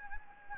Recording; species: mosquito wingbeat signal from an infrared sensor; Anopheles gambiae